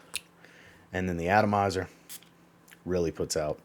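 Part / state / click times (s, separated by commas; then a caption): perfume bottle cap onto the bottle neck / seated / 0.2 s. A cap is pushed onto the atomizer neck of an Al Haramain Amber Oud Rouge perfume bottle, a red glass bottle with the brand stamped into the top of the cap. It clicks into place with a sharp, loud hit at 0.2 s, followed by a few faint ticks, and someone talks. The cap is seated.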